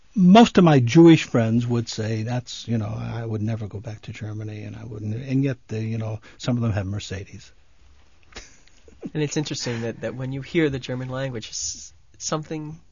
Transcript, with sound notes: most of my Jewish friends would say that's, you know, "I would never go back to Germany, and I wouldn't." And yet they, you know, some of them have Mercedes. ( he laughs )
It's interesting that when you hear the German language, something,